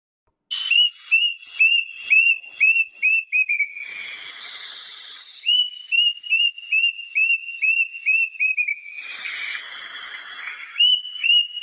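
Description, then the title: Plaintive cuckoo repeating clear whistles about twice a second, each series stepping down in pitch, with bursts of rustling noise between series. "八声杜鹃叫声"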